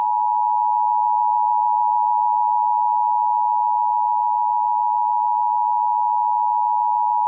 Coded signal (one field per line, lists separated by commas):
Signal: Emergency Alert System (SAME) tones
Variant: 853 and 960 Hz attention tone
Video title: Severe Thunderstorm Warning On WXRY-FM 99.3 7/8/22 [EAS #667]